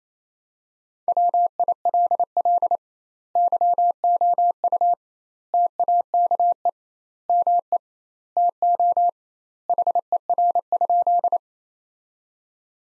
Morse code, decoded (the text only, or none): WILL YOU TAKE ME TO HER?